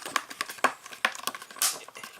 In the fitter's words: and it snaps back in.